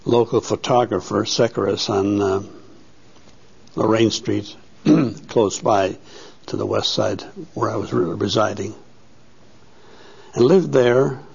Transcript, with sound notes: a local photographer, Secaris, on Lorraine Street ( he clears his throat ) close by to the west side, where I was residing. I lived there,